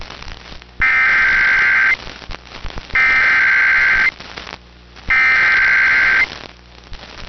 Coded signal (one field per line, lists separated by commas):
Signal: Emergency Alert System (SAME) tones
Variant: header bursts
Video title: RETURN TO THE NORTHEAST | EAS Alerts from 7/12/2022 (EAS #1370-1410)